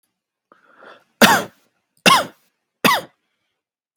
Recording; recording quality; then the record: heavy voluntary cough; excellent, no background noise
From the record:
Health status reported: healthy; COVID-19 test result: not tested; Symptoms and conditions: none ticked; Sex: male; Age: 24 years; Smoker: not ticked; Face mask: not worn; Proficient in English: yes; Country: United States